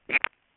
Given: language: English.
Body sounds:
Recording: throat vibration sensor signal played as sound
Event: swallow

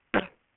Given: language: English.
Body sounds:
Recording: throat vibration sensor signal played as sound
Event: cough

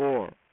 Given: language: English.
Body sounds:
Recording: throat vibration sensor signal played as sound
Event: speech

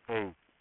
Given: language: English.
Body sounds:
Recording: throat vibration sensor signal played as sound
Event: speech

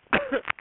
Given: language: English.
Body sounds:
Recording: throat vibration sensor signal played as sound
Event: cough

